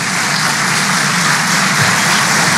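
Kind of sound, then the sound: crowd, audience applause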